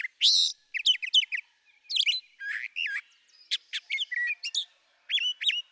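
Brown thrasher song: dense, fast sequence of buzzy, chirped and looping whistled notes, phrases varied and often doubled, with barely any silence.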